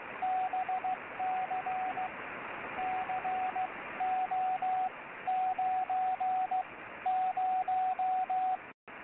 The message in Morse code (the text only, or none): BC CO 9 0